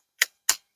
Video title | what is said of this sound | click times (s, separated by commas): Fobos Knives Tier1-BC holds up great to some rough materials . | very positive click | 0.5 s